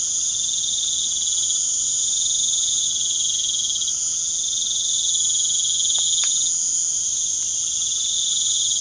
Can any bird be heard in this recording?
no